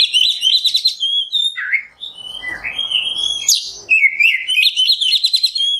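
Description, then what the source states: Oriental magpie-robin song with fast, trilling warbles and drawn-out whistles that rise and fall, a brief dip midway before rapid trills return. Masteran (tutor recording) of kacer song in the nembak style.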